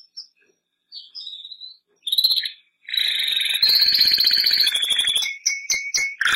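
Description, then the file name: Canary (Bernois): canary song: scattered high whistled notes, then a loud rolling trill of fast pulses under sustained whistles, ending in short sharp chirps. Bernois breed canary, song. "canto do canario bernois"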